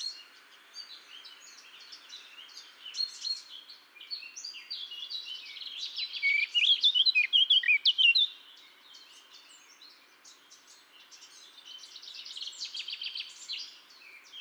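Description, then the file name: Eurasian blackcap song: a long, rapid, scratchy warble of varied high chirps and twitters, swelling into a loud, vigorous burst mid-way before softening again. "Sylvia atricapilla"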